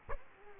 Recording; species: mosquito wingbeat signal from an infrared sensor; Culex quinquefasciatus